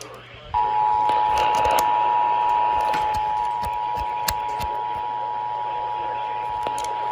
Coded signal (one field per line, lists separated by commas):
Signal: Emergency Alert System (SAME) tones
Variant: 853 and 960 Hz attention tone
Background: speech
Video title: Required Weekly Tests from 7/8/20 (EAS 3036-3042)